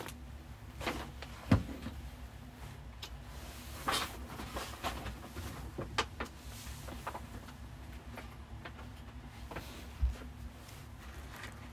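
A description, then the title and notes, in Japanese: Furniture is shifted while tidying, with scattered scrapes and thumps, a sharp knock near 1.5 seconds, a low steady hum underneath. 掃除と片付け。机とソファの位置を変える。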